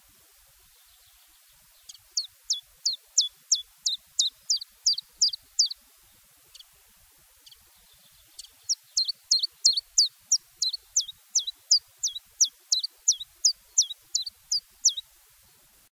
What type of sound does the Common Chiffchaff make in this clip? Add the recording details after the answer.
song. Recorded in the wild. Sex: male. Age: adult. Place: Erlangen, Bayern, DE. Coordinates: 49.6031, 10.9519. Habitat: pond. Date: 1967-04-01. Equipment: Original, Vollspur. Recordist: Tretzel, Erwin